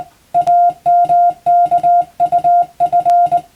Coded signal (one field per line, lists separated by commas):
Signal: Morse code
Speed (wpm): 20 wpm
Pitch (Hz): 700 Hz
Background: music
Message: AMKUF